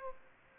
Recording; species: mosquito wingbeat signal from an infrared sensor; Aedes aegypti